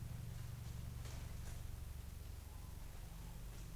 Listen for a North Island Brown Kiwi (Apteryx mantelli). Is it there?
no